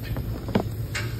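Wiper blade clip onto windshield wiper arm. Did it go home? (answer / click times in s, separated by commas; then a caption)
no / none. A wiper blade adapter clip is being handled onto the hook of a windshield wiper arm on a 2017 Chevrolet Camaro, to be pushed until its plastic retainer locks. Soft handling knocks land near 0.2 s and 0.55–0.6 s over a steady low background hum. Nothing has seated or clicked yet.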